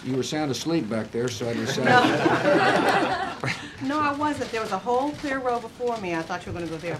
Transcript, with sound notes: You were sound asleep back there, so I decided -- (laughter.) No, I wasn't. There was a whole clear row before me. I thought you were going to go there.